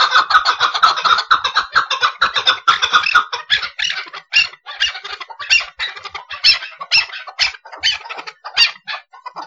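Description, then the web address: Chukar partridge calls: rapid, harsh chattering notes repeated about twice a second, dense at first and then breaking into separate bursts. "aswat Hajal Jabali"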